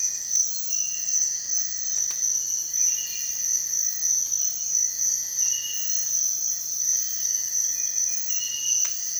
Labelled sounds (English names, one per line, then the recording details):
none
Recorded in dense forest near Puerto Asís, Putumayo, Colombia, on 23 June 2025 at 05:00
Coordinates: 0.468, -76.322
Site GP03